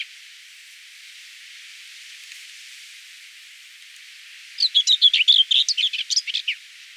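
Common whitethroat: after a few seconds of quiet, one quick scratchy warbling phrase of jumbled notes lasting about two seconds.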